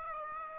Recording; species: mosquito wingbeat signal from an infrared sensor; Aedes aegypti